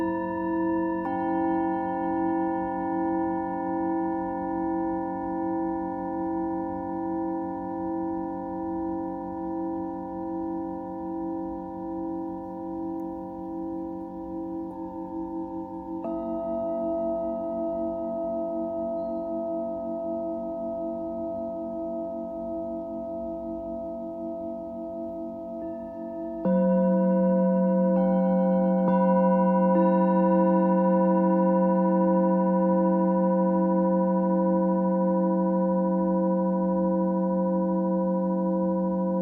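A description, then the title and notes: A Tibetan singing bowl hums with steady, pulsing overtones, shifting pitch around 16 seconds and swelling louder at about 26 seconds. Tibetan Singiing Bowl のサウンドヒーリングチャンネル.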